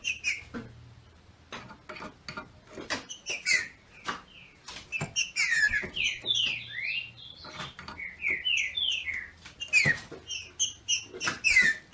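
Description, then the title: Green-winged saltator singing rapid series of slurred, falling whistles, phrases repeated several times, over frequent clicking and tapping noises. Female singing in the male style to stimulate the male. "FÊ MEA DE TRINCA FERRO MACHEANDO PARA ESQUENTAR O MACHO"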